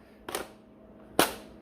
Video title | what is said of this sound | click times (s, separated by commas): The New Nerf Ultra Speed! Worth the Hype?? | There you go. That's the click. | 1.2 s